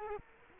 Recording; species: mosquito wingbeat signal from an infrared sensor; Culex quinquefasciatus